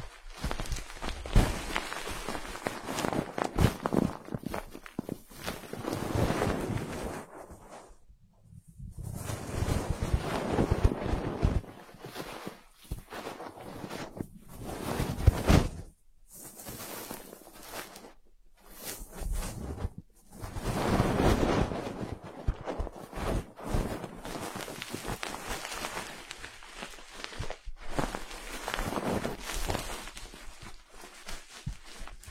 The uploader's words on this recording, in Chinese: 按摩耳朵，一些让人放松的声音。